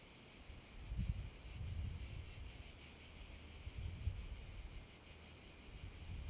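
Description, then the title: Cicadas keep up an even, high buzzing drone with slight pulsing, as soft wind gusts rumble low underneath. Cicadas in an abandoned quarry, with wind; recorded with a Zoom H6 and MS capsule. "Cava abbandonata - Vento e cicale nella cava"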